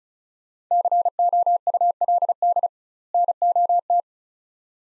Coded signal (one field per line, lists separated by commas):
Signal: Morse code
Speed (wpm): 36 wpm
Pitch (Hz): 700 Hz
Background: none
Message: COULD NOT